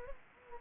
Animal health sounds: mosquito wingbeat signal from an infrared sensor; Anopheles arabiensis

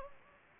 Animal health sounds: mosquito wingbeat signal from an infrared sensor; Anopheles gambiae

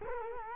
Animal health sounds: mosquito wingbeat signal from an infrared sensor; Culex quinquefasciatus

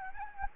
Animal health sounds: mosquito wingbeat signal from an infrared sensor; Anopheles gambiae

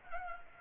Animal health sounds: mosquito wingbeat signal from an infrared sensor; Culex pipiens

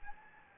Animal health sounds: mosquito wingbeat signal from an infrared sensor; Anopheles gambiae

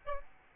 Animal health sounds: mosquito wingbeat signal from an infrared sensor; Aedes albopictus

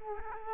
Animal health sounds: mosquito wingbeat signal from an infrared sensor; Culex quinquefasciatus

